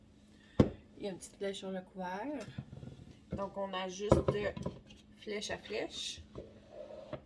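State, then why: Seated. A plastic lid or safety part is fitted onto a Tupperware microwave pressure cooker, and a sharp, short snap at 0.6 s shows it clicking into place. Someone talks before and after the click.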